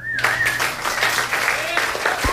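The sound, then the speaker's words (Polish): Dense applause from a live concert crowd in New York in 1993, following an emotional song performance, a steady wash of many hands clapping with a few faint whistles and cheers rising above it, loud and sustained throughout. “Brawa jak najbardziej zasłużone.”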